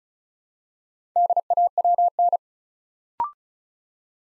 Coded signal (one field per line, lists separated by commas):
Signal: Morse code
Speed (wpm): 36 wpm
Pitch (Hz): 700 Hz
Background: none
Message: DAWN